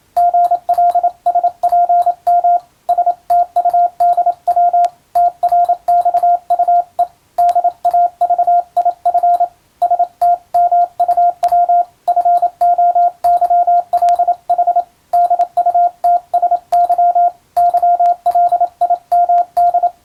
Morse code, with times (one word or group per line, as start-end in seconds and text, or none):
0.2-2.6 GLSPM
2.9-4.9 STUDW
5.2-7.0 TRXUE
7.4-9.4 DAVIF
9.8-11.8 STMUW
12.1-14.8 FOYLH
15.1-17.3 DUTSY
17.6-19.9 YLIMD